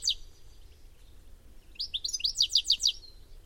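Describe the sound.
Bird song: a few faint high notes, a pause, then a fast series of sharp, loud, downslurred chirps.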